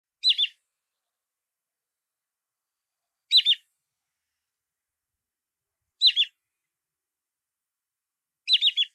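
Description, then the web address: Wood sandpiper calling a quick, high whistled phrase of three or four notes, repeated four times at intervals of about two and a half to three seconds. "takabushigi"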